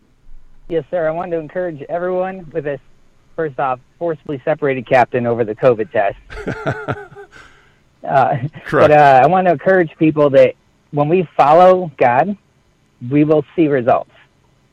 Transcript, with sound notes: Yes, sir. I wanted to encourage everyone with this, first off, forcibly separated captain over the COVID test.
(laughs) Correct.
Uh, but, uh, I wanted to encourage people that when we follow God, we will see results,